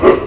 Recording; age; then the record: pig call; growing-finishing pig (85 days or more)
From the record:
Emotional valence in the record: positive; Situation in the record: run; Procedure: transit